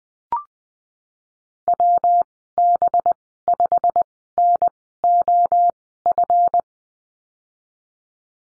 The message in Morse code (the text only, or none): WB5NOF